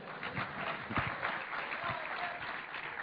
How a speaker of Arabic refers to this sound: صفقوا شوي بعد زيادة.